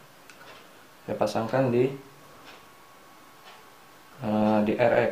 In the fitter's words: g untuk transmisi TX seperti ini pemasangannya ditekan sampai berbunyi klik